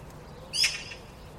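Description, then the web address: Bird giving one brief, rasping, scratchy note against faint background hiss. "cianscape birddata Deverinetal"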